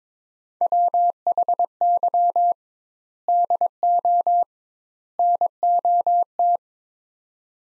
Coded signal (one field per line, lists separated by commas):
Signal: Morse code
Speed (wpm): 22 wpm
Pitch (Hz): 700 Hz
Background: none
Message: WHY DO NOT